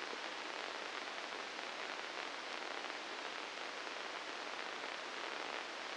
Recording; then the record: brain microelectrode recording played as sound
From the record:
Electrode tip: inside the subthalamic nucleus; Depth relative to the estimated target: -1 mm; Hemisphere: right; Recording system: NeuroSet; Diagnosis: Parkinson's disease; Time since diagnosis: 9 years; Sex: female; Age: 51 years